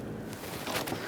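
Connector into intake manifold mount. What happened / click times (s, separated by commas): Handled, not yet home: connector being pressed toward its mount / none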